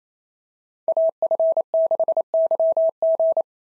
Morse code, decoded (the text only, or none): AF6YG